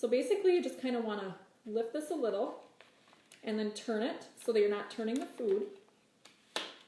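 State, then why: Seated. A plastic salad cutting bowl is lifted slightly and turned in its slotted base so the food inside isn't turned, while someone talks. After a pause, a short, sharp click sounds at 6.6 seconds as the bowl seats into its next 90-degree position.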